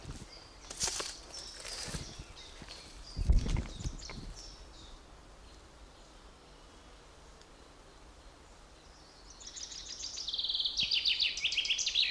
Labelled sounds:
Common Chaffinch
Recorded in the wild
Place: Mühlenbecker Wald, Brandenburg, DE
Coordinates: 52.69, 13.37
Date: 1992-06-27 12:59
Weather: sonnig, 22-26°C
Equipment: Marantz CP 430, Sennheiser ME 80, Kopie Tesla B 116
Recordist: Tembrock, Günter

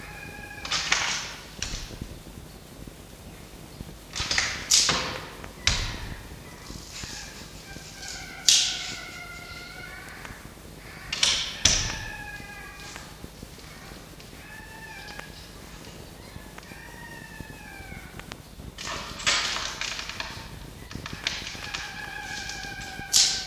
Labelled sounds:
Red Fox
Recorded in captivity
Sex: female
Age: juvenile
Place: Zoologisches Institut der HUB, Berlin, DE
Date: 1953-04-20 12:15
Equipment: Elmetra
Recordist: Tembrock, Günter

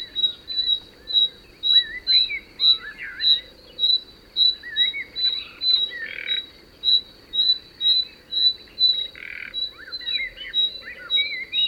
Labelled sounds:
Common Nightingale call
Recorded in the wild
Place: Dumbraveni, Transilvania, RO
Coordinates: 46.23, 24.575
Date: 1976-06-05 18:14
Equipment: Nagra III BH, Sennheiser MD 21, parabola
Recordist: Schubert, Michael
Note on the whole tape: Nachtigall, warnendes Paar

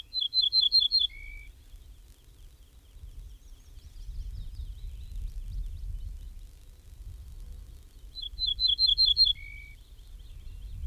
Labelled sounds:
Ortolan Bunting song
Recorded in the wild
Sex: male
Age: adult
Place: Schloß Holte-Stukenbrock, Senne, Nordrhein-Westfalen, DE
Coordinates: 51.8672, 8.66139
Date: 1968-05-23
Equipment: Uher 4000 Report-S, Bändchenmikro Beyer M 260, Parabolspiegel Polyester (470 mm)
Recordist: Conrads, Klaus
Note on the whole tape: An der Düne (Furlbach-Gebiet). Männchen: Gesang. Technische Störung (Knistern)

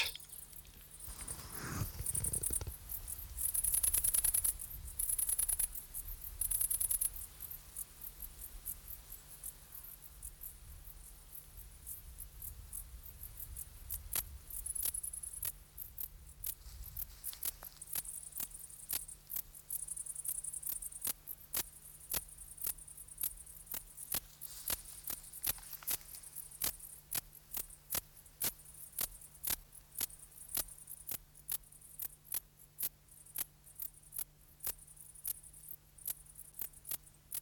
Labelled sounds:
Great Green Bush-cricket stridulation
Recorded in the wild
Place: Treuchtlingen, Heumöderntal, Bayern, DE
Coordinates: 48.96, 10.91
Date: 1993-09-02 14:46
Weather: 18 °C
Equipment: Marantz CP 430, Sennheiser MKH 416 T, Kopie Uher Variocord 263
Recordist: Tembrock, Günter

